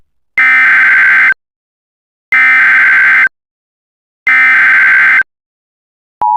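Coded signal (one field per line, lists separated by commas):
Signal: Emergency Alert System (SAME) tones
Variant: header bursts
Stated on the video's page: Simulated, fictional EAS alert tones in an entertainment film scenario, not a real emergency alert.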